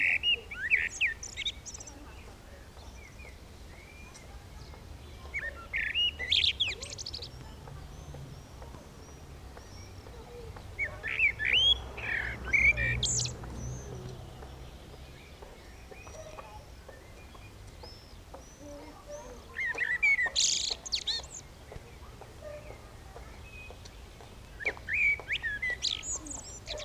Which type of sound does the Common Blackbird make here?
song